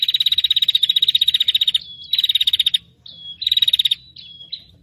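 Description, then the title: Prinia with a high, quick-ticking chatter; three rattling bursts, the first longest, each trailing into a short thin whistle. Prinia noisy call ('prenjak ribut') used as a lure for trapping prinias, aimed at 'prenjak kepala merah' and 'prenjak tamu'. "Suara Prenjak Ribut Pikat Burung Prenjak Kepala Merah Prenjak Tamu"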